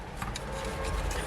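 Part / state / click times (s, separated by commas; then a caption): back leg joint of a plastic mech toy body / seated / 0.4 s. The back leg of a plastic transforming tiger mech toy is pushed forward on its second side over a steady rubbing hiss, with a small tick at 0.2 s. A sharp click at 0.4 s marks the joint seating into its extended position.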